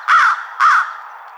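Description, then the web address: American Crow uttering two harsh, hoarse caws in quick succession. Recorded 31 March 2007. "American Crow 2007 03 31"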